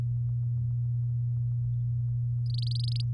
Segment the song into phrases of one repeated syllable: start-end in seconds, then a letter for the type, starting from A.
2.46-3.01 A